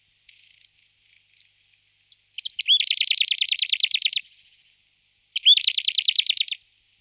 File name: Sykora luzni Parus montanus